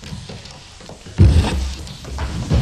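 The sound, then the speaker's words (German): An office door opens after a quiet stretch: a sudden loud clunk of the handle and latch, then a sustained rushing, creaking sweep as it swings, ending with another soft knock. “Als ich die Bürotür aufmachte, fiel Volontär Justus vor Schreck fast vom Stuhl.”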